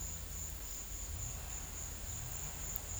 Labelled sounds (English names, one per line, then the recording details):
none
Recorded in pastures near Puerto Asís, Putumayo, Colombia, on 21 December 2024 at 13:30
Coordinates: 0.472, -76.329
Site G072